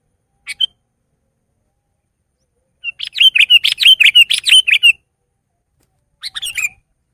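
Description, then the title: Sooty-headed bulbul song: a couple of short notes, then a two-second run of rapid bubbly, chattering notes, and a final brief burst of chirps. "kutilang"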